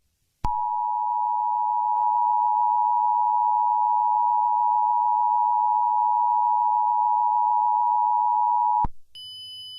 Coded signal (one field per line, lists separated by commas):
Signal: Emergency Alert System (SAME) tones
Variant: 853 and 960 Hz attention tone